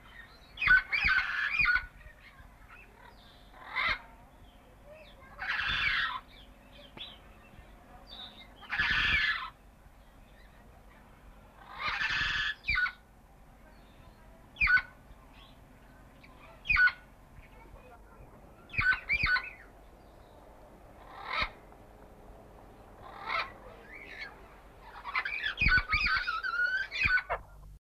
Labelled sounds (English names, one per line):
Red-crowned Amazon call